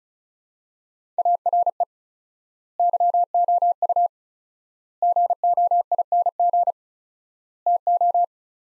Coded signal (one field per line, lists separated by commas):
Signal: Morse code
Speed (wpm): 36 wpm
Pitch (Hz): 700 Hz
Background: none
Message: ARE YOU GOING TO